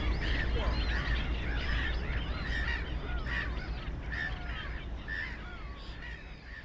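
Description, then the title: Black-headed gulls giving many harsh, repeated squawking cries in a busy colony chorus, with a constant low rumble of road noise underneath. Many black-headed gulls, the loudest birds, at ponds in the Frog Ponds nature complex on former coal-mining land, Bytom, Poland; nearby DK79 road and railway noise. "Żabie Doły, Bytom, Polska - Black-headed gulls at Frog Ponds complex"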